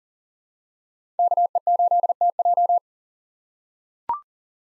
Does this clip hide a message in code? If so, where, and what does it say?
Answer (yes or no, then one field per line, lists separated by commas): yes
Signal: Morse code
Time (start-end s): 1.2-2.8 s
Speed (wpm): 40 wpm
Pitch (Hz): 700 Hz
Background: none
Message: KE8TJ